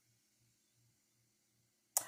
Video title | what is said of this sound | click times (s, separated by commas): Penzey Spice Cranberry Ninja Foodi Holiday Side | the button went down i'm going to show you that real quick the button's down and you heard you probably heard it click on the video | 2.0 s